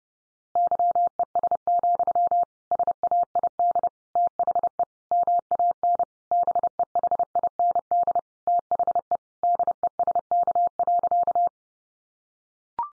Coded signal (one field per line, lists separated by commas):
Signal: Morse code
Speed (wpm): 30 wpm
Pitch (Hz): 700 Hz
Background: none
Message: YES, SAID THE MAN BEHIND THE DESK.